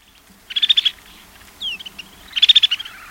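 Snow bunting calls: two bursts of quick, rippling high twitters, with a short sliding note between them.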